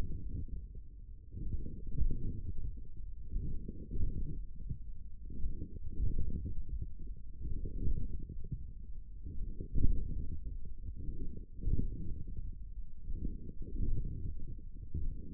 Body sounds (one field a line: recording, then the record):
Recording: forearm muscle sounds (acoustic myography)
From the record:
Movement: radial deviation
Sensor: system 1, eight BSWA MPA416 microphones around the upper forearm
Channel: 3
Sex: male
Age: 42 years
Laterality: right